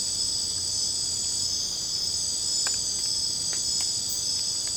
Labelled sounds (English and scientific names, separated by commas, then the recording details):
none
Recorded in secondary vegetation near Puerto Asís, Putumayo, Colombia, on 22 December 2024 at 23:00
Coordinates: 0.499, -76.323
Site G010